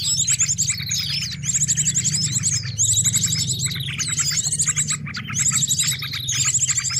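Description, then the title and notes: Birds chirping and trilling noisily in repeated high bursts, over a steady low droning hum throughout. Noisy birds used as a lure for attracting birds. "Burung Ribut Pikat"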